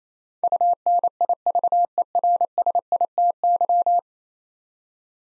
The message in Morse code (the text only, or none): UNIVERSITY